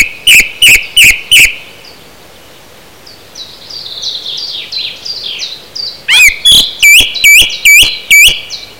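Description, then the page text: Song thrush singing loud, clipped phrases, the first repeated four times and the next several times, separated by a stretch of quieter high twittering. "jaro 2010 Drozd zpevny. Hofmann, E"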